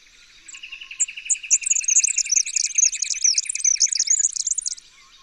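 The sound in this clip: Red-backed fairywren song: high introductory notes then a rapid, very high reeling trill, over a lower, evenly pulsing trill underneath for most of the song.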